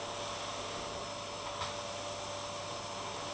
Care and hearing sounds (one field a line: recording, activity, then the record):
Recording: daily activity, microphone in the room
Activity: vacuum cleaning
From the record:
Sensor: 1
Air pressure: 1007.7 hPa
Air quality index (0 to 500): 78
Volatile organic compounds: 1 ppm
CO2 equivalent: 677 ppm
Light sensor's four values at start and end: 9/22/9/9 and 9/21/8/9